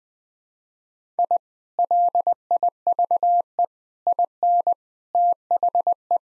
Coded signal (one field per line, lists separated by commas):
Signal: Morse code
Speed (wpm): 21 wpm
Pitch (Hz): 700 Hz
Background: none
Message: I LIVE IN THE